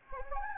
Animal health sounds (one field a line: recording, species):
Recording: mosquito wingbeat signal from an infrared sensor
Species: Anopheles gambiae